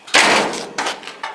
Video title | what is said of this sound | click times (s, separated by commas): Mounting The Hood and Front Bumper. 1948 Ford Sedan FULL body swap with Ford Ranger. Part 32 | it locks it locks in that's all i'm asking from it | 0.8 s